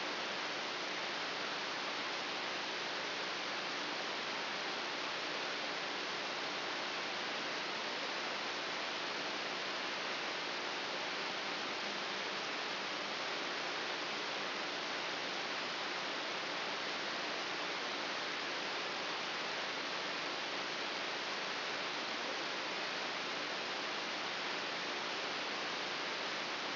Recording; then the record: brain microelectrode recording played as sound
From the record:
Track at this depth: inside the subthalamic nucleus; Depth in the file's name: 4.001 mm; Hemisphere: right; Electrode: 3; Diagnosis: Parkinson's disease